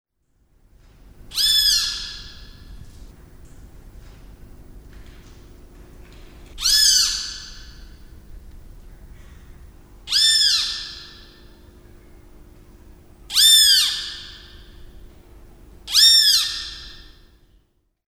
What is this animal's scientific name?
Furnarius leucopus